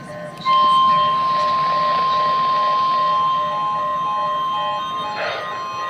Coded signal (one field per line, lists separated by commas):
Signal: Emergency Alert System (SAME) tones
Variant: 1050 Hz attention tone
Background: music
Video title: Swimming Tornadoes|EAS Alerts and Connecticut Monthly Test from 7/16/24